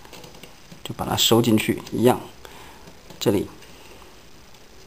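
A plastic transformable part of a DA-28 Striker Optimus Prime robot figure is folded in toward its plastic clip during transformation while someone talks, with faint handling ticks in the background. Nothing has seated or clicked into the clip yet.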